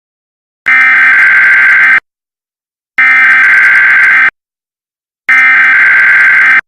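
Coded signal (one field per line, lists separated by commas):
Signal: Emergency Alert System (SAME) tones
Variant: header bursts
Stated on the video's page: EAS scenario, a fictional alert.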